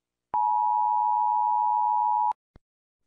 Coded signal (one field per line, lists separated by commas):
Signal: Emergency Alert System (SAME) tones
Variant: 853 and 960 Hz attention tone